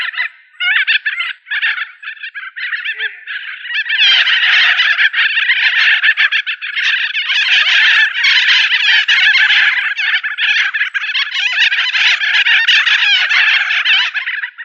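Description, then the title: Australorp chickens in a dense chorus of harsh, overlapping clucking that starts patchy and then runs almost without a break. "manok ostrali"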